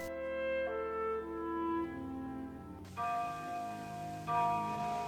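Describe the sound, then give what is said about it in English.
Clock bells strike midnight in a scene from the 1939 film Ninotchka, chiming in a slow series of about five or six resonant strikes, each ringing tone overlapping the next, with no talking. “It's 12 o'clock. It's midnight. Look at the clock.”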